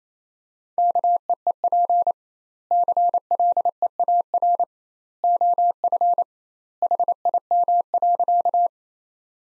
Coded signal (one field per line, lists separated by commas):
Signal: Morse code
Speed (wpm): 27 wpm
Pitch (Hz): 700 Hz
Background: none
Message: KEEP CLEAR OF HIM.